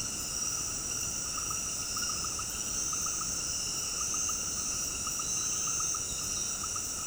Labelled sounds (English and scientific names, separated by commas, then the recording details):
none
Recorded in dense forest near Puerto Asís, Putumayo, Colombia, on 21 February 2024 at 20:00
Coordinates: 0.486, -76.316
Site G6437